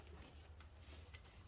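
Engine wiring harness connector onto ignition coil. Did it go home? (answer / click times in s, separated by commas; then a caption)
no / none. An engine wiring harness connector is being pushed onto an ignition coil of a 2010 Audi Q5 3.2L V6 FSI Quattro during a spark plug and ignition coil replacement. There is a steady low hum with faint scraping and handling noises, and a short sharp sound right at the very end. The connector has not clicked in or seated yet.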